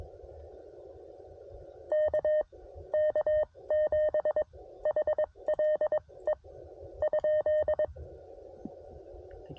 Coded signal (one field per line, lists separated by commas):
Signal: Morse code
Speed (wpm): 22 wpm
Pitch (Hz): 610 Hz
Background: none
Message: KK7HLE ?